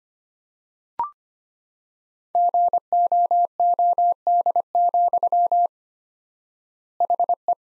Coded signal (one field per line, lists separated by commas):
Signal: Morse code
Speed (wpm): 25 wpm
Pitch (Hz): 700 Hz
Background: none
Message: GOOD, HE